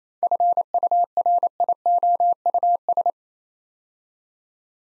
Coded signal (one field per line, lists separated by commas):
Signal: Morse code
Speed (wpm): 29 wpm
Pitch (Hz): 700 Hz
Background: none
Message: FURIOUS